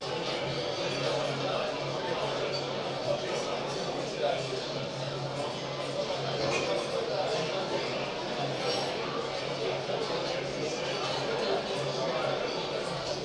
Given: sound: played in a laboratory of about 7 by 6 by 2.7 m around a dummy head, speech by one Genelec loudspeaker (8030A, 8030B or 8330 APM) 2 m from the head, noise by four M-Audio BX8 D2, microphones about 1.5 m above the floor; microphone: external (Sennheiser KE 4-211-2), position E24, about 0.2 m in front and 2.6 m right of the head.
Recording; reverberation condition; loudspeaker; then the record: cafeteria noise; medium; four, about 170 cm from the corners of the room and facing them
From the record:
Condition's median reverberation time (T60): about 510 ms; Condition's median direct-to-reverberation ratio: about -0.5 dB